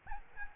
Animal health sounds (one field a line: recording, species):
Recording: mosquito wingbeat signal from an infrared sensor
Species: Aedes albopictus